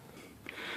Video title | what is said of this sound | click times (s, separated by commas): 2006 Ford Explorer Door Handle Replacement | okay I removed the door panel by popping it out it came out pretty easy | 0.5 s